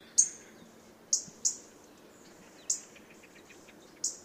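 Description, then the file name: European robin calls, short very high ticks repeated irregularly, about one a second, with faint softer notes between. "Erithacus rubecula"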